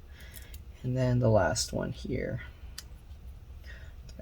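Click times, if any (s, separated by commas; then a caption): 2.8 s. A display flex connector is lined up and pushed into its socket on an iPhone 6S logic board, and it snaps home with a sharp click at 2.8 s. Someone talks beforehand, and faint small ticks are heard around it. The connector is seated.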